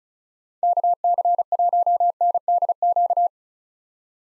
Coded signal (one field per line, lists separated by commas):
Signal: Morse code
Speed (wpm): 34 wpm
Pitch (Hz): 700 Hz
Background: none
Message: KC1NDQ